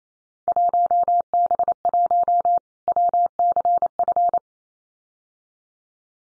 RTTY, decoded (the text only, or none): none